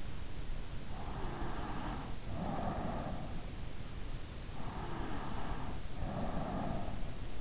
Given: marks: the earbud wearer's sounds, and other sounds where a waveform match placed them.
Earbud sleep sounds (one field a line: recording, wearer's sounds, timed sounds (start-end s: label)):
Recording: sounds in sleep by an in-ear microphone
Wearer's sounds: breath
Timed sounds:
0.73-4.05 s: breath
4.52-7.41 s: breath